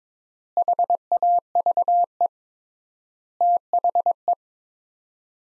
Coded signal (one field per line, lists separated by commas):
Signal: Morse code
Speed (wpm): 22 wpm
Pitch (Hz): 700 Hz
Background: none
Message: HAVE THE